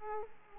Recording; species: mosquito wingbeat signal from an infrared sensor; Aedes aegypti